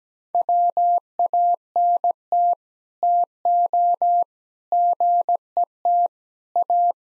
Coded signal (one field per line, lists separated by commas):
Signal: Morse code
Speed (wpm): 17 wpm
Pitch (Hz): 700 Hz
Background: none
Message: WANT TO GET A